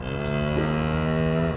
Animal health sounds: contact call of a hoofed animal; cattle; low-frequency (closed-mouth) or high-frequency (open-mouth) call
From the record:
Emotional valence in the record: negative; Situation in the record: physical separation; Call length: 1.56 s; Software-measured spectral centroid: 1450 Hz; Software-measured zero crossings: 1340 a second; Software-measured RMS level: -24 dBFS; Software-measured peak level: -11 dBFS

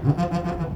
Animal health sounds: contact call of a hoofed animal; goat; low-frequency (closed-mouth) or high-frequency (open-mouth) call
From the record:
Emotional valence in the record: positive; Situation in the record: food anticipation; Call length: 0.76 s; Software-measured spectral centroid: 1300 Hz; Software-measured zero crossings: 790 a second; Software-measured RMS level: -23 dBFS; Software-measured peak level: -7 dBFS

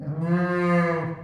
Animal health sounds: contact call of a hoofed animal; sheep; low-frequency (closed-mouth) or high-frequency (open-mouth) call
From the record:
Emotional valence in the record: negative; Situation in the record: short social isolation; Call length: 1.24 s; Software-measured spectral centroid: 1320 Hz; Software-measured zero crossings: 980 a second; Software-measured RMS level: -24 dBFS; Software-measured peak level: -11 dBFS

